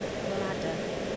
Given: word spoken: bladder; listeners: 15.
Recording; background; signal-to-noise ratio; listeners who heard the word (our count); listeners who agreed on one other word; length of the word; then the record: one English word in noise, from a listening test; speech-shaped noise; -4.2 dB; 5 of 15; 7 of 15; 0.76 s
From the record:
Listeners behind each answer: 7, 5, 1, 1, 1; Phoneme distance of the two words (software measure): 7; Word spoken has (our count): 2 syllables, 5 phonemes, stress on syllable 1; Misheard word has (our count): 2 syllables, 4 phonemes, stress on syllable 1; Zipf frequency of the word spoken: 3.43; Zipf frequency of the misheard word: 4.16